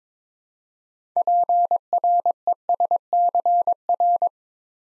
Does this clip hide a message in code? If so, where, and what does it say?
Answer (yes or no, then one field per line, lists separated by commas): yes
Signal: Morse code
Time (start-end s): 1.2-4.3 s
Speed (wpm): 22 wpm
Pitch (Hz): 700 Hz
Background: none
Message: PRESCR